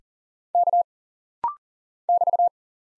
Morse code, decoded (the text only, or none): K <BT>